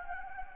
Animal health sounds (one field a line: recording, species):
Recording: mosquito wingbeat signal from an infrared sensor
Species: Anopheles gambiae